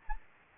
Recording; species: mosquito wingbeat signal from an infrared sensor; Aedes albopictus